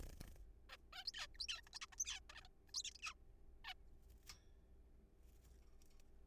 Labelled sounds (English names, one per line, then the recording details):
Zebra Finch
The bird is a juvenile
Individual R3428